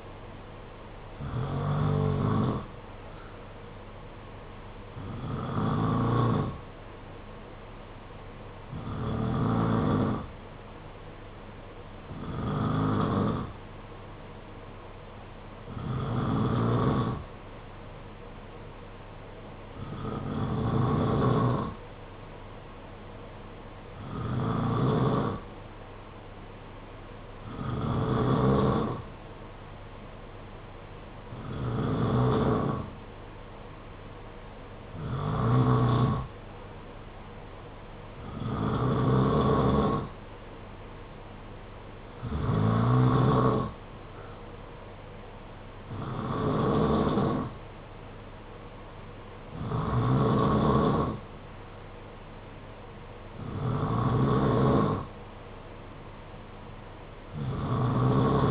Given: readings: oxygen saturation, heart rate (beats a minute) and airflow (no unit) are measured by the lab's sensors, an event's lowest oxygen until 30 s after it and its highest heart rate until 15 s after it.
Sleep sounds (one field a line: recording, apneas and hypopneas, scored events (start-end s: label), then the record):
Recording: breathing in sleep by a voice recorder at the bedside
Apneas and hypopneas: none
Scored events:
none scored
From the record:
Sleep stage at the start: N2 (light sleep)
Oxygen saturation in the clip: 90 to 92%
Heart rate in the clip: 53 to 58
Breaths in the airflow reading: 15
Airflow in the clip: -5.6 to 4.2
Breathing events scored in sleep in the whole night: 476 in 9.7 hours asleep